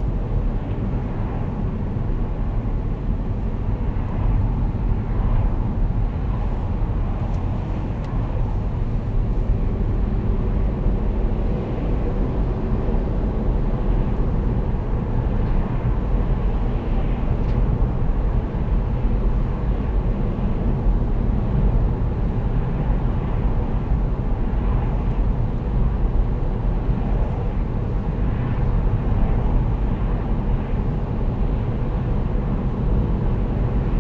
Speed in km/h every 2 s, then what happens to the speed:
42, 40, 36, 34, 39, 47, 56, 56, 55, 54, 54, 54, 53, 52, 50, 51, 52.
0-6 slows to 34. 6-12 speeds up to 56. 12-34 steady at about 54.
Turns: none.